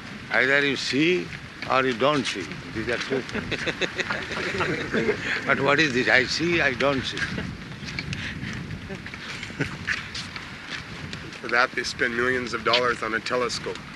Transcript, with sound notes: Either you see or you don't see. These are two things. [laughter] But what is this "I see; I don't see"?
For that, they spend millions of dollars on a telescope.